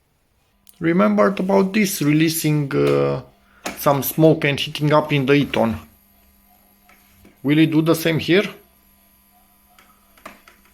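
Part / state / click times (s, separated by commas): mains plug into UPS output socket / partly seated / 10.3 s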